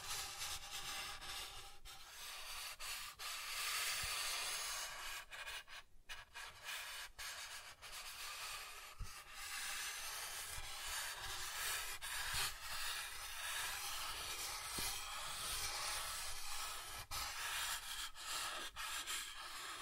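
Soft tracing across a surface makes a continuous, hissy rubbing that fills the highs and stays fairly steady for the whole stretch. Short dips and small scratchy catches break it irregularly, around every second or two, with a few sharper clicks near 9, 12.5 and 17 seconds.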